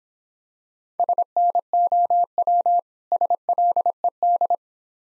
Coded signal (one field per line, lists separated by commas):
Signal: Morse code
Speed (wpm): 24 wpm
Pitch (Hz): 700 Hz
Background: none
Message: SNOW SLED